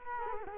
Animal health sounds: mosquito wingbeat signal from an infrared sensor; Culex quinquefasciatus

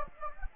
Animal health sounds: mosquito wingbeat signal from an infrared sensor; Anopheles gambiae

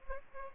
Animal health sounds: mosquito wingbeat signal from an infrared sensor; Aedes aegypti

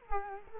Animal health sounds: mosquito wingbeat signal from an infrared sensor; Culex quinquefasciatus

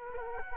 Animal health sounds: mosquito wingbeat signal from an infrared sensor; Culex quinquefasciatus

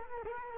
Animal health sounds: mosquito wingbeat signal from an infrared sensor; Culex quinquefasciatus

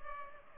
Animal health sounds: mosquito wingbeat signal from an infrared sensor; Culex pipiens

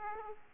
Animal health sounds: mosquito wingbeat signal from an infrared sensor; Aedes aegypti

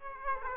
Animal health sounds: mosquito wingbeat signal from an infrared sensor; Aedes aegypti

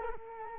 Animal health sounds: mosquito wingbeat signal from an infrared sensor; Culex quinquefasciatus

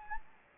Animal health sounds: mosquito wingbeat signal from an infrared sensor; Anopheles gambiae

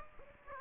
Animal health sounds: mosquito wingbeat signal from an infrared sensor; Aedes aegypti

